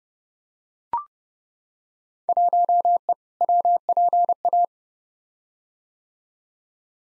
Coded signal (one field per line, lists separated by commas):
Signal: Morse code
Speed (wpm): 30 wpm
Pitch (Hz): 700 Hz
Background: none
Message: 1E WPA